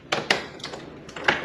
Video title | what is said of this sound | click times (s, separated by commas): How To FIX a BAD Sticking Dead Bolt... FAST & EASY! | And we just fully latch it so you hear this click. | 0.3 s